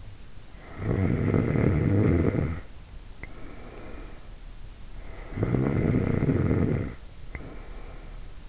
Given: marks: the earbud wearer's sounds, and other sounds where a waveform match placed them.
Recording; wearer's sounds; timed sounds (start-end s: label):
sounds in sleep by an in-ear microphone; snoring breath
0.55-4.44 s: snoring breath
5.12-8.49 s: snoring breath